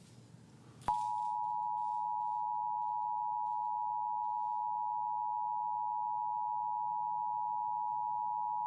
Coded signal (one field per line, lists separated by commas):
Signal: Emergency Alert System (SAME) tones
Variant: 853 and 960 Hz attention tone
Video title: WABC National Emergency Alert System Test 8/11/2021